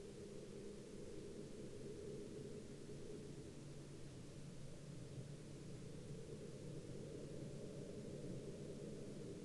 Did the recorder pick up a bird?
no